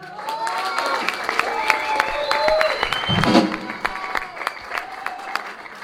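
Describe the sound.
A crowd applauds with steady, dense clapping, mixed with whistles and shouting voices; the cheering swells midway, then the claps thin into scattered, sharper hits toward the end.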